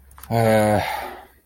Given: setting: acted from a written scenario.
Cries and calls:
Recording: vocal sound without words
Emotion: shame

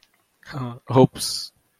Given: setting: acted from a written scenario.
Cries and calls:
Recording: vocal sound without words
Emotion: embarrassment

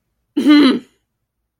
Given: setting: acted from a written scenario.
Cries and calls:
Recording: vocal sound without words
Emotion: anger

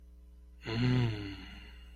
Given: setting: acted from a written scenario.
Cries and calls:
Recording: vocal sound without words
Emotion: contentment

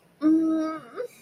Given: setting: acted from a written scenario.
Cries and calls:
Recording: vocal sound without words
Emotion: ecstasy

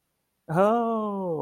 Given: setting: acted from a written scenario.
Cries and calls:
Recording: vocal sound without words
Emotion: positive surprise

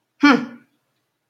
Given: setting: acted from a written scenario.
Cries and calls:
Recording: vocal sound without words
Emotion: contempt

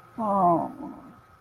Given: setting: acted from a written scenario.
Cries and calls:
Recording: vocal sound without words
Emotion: sympathy

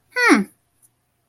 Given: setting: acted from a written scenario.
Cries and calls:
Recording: vocal sound without words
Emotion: interest

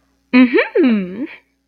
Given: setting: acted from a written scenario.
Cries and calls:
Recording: vocal sound without words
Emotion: interest

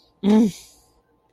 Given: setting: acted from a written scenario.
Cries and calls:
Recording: vocal sound without words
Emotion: anger

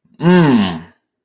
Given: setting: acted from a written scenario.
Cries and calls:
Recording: vocal sound without words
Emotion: pride

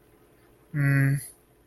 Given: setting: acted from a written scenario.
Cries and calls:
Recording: vocal sound without words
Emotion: neutral

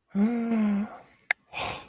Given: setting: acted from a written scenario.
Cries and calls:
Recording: vocal sound without words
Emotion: romantic love

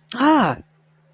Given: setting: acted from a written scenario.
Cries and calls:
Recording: vocal sound without words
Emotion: negative surprise

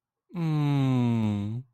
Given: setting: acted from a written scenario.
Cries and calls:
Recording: vocal sound without words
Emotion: sympathy

